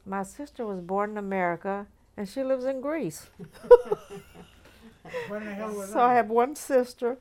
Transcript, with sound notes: My sister was born in America, and she lives in Greece! [Laughs] So I have one sister.